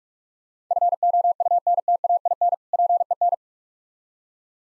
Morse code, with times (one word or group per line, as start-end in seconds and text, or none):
0.7-2.5 FOUNTAIN
2.7-3.3 PEN